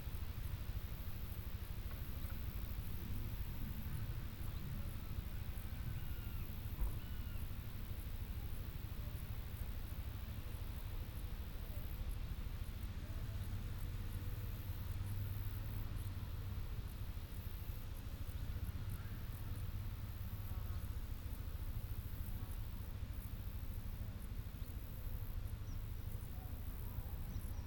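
Country sounds: a steady, low rumble runs through the whole stretch, like a far-off vehicle or wind, with a faint hiss above it. Thin, scattered chirps come and go, and a single sharp tap stands out at about seven seconds.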